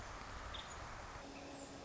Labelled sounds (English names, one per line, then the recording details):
Nuttall's Woodpecker
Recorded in Sonoma County, California